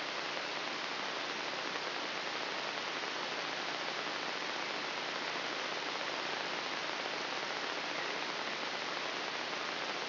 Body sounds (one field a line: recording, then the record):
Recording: brain microelectrode recording played as sound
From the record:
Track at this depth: inside the subthalamic nucleus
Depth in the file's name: 3.308 mm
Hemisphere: left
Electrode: 3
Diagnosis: Parkinson's disease